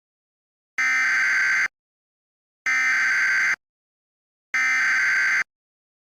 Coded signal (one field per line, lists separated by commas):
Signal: Emergency Alert System (SAME) tones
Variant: header bursts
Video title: EAS Recreation (02/01/22): Peoria's Parking Ban